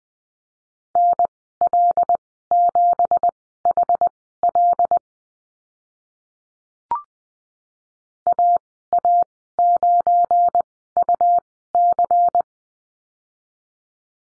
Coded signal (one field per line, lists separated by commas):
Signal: Morse code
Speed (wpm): 20 wpm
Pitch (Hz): 700 Hz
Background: none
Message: NL7HL AA9UC